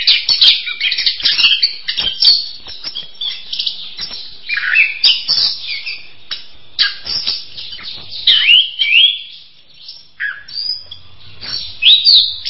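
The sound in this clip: Bird pouring out quick scratchy chirps and warbled whistles, pausing briefly near the end before resuming with bright slurred notes.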